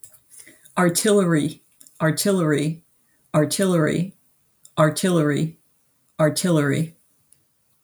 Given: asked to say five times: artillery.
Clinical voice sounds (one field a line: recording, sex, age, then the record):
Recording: repeated word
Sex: female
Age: 50 to 59 years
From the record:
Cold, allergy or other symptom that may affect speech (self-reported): no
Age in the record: 56 years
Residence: Pennsylvania, United States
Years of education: 16